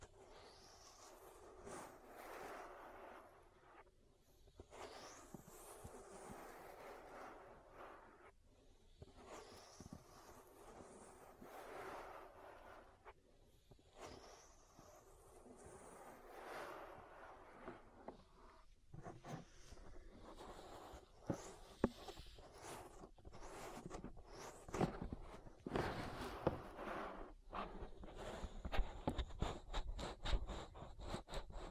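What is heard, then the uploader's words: Ear massage sounds: soft rubbing and swishing strokes come in slow waves, each lasting a second or two. After about twenty seconds the touches turn quicker and crisper, with dense crackles and taps that grow somewhat louder toward the end. ASMR Relaxing Ear Massage. (No Talking).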